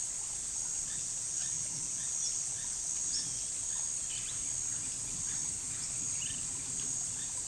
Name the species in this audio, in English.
none